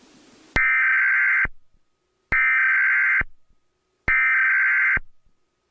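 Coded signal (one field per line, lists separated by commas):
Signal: Emergency Alert System (SAME) tones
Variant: header bursts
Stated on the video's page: Fictional blizzard EAS scenario made with KineMaster and a narrator voice app.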